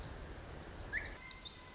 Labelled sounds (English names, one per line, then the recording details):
Pacific Wren
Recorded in Sonoma County, California